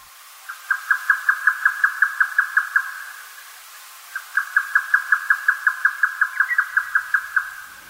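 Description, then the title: Grey nightjar song: two runs of sharp, evenly spaced, rapid chucking notes, each run lasting a few seconds with a short pause between. Recorded at Zao, Japan. "蔵王のヨタカ"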